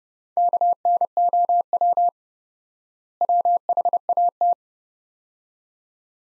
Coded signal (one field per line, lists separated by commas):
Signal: Morse code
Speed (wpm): 31 wpm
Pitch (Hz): 700 Hz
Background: none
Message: KNOW WHAT